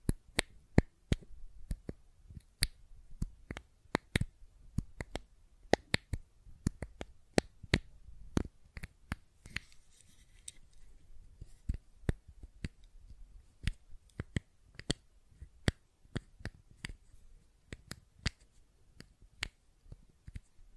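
Sharp clicks and taps from a fidget cube sound in quick, uneven bursts across the whole clip, several per second, each crisp and bright with a short dull thump beneath. Around the middle a soft brief rustle slips in between the clicks.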